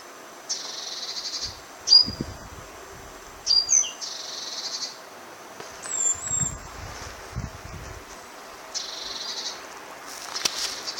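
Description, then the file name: Great tit calls: sharp thin notes and repeated buzzy churring rattles in several bursts, with a few short high squeaks between them. "Parus major"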